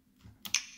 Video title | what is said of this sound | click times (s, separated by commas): How I Repaired My Nintendo Switch's (v2) Joycon Not Working When Attached | you can hear the click sound the animation just like the previously functioning blue one | 0.5 s, 0.6 s